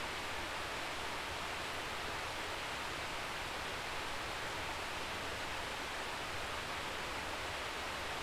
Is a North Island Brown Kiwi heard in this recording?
no